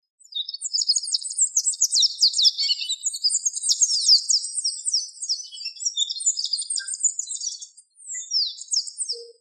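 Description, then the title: Bird song of high, thin, rapid twittering, with sweeping whistled notes in quick succession and a brief pause near the end. "LuckyPassaros CompletosSama"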